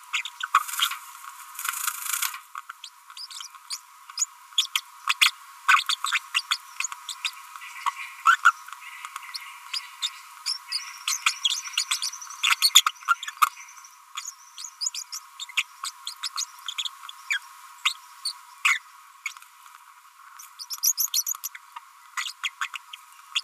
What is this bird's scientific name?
Forpus passerinus